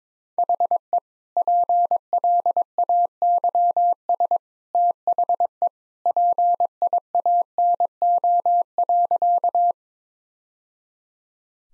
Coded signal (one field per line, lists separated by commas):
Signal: Morse code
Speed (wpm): 22 wpm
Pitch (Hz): 700 Hz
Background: none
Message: HE PLAYS THE PIANO.